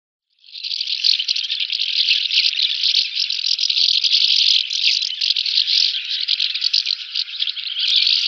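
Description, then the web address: House martins chattering as a colony, a dense, continuous mass of dry, buzzy twittering notes overlapping throughout without a break. "Schulze Peter House Martin"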